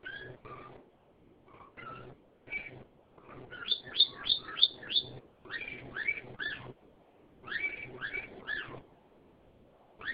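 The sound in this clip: Bird uttering scattered single chirps that build into a fast run of bright, high notes, followed by further spaced chirping phrases.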